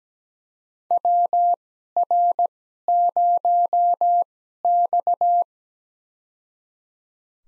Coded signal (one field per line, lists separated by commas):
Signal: Morse code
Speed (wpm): 17 wpm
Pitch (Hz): 700 Hz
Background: none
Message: WR0X